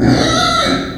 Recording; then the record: squeal of a Yucatan mini pig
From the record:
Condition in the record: before surgery on the right vocal fold (resection and tissue-engineered implant); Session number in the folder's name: 3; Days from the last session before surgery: 0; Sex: female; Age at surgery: 19 weeks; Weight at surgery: 25 kg